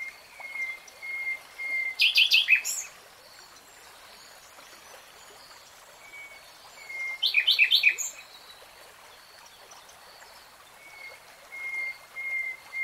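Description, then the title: Nightingale song: soft level whistles alternate with two short bursts of loud, rapid, rattling notes, with quiet pauses between phrases. Nightingale singing in real time. "[Tiếng chim hót] 3 Hours REALTIME Nightingale Singing"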